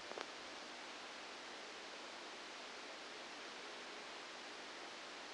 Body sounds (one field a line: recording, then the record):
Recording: brain microelectrode recording played as sound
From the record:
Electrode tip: outside the subthalamic nucleus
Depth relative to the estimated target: -8 mm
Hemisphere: left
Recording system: NeuroSet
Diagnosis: Parkinson's disease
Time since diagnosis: 9 years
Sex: female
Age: 51 years